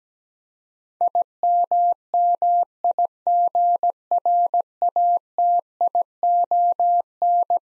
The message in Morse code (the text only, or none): IMMIGRATION